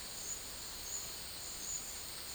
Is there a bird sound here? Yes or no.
no